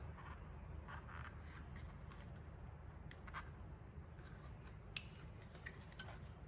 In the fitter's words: And you want to make sure that you push them in until you hear them click and lock into place.